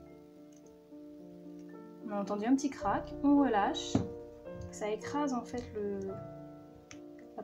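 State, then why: Seated. A plastic snap button is pressed through a fabric baby bib with hand press pliers, crushing the prong to fix the snap, while someone talks over steady music. A sharp click at 6.9 s marks the snap setting in place, followed by a few fainter taps.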